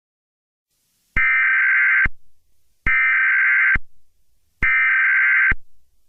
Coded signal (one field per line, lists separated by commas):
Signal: Emergency Alert System (SAME) tones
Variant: header bursts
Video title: EAS Scenario: The Sun Has Turned Red.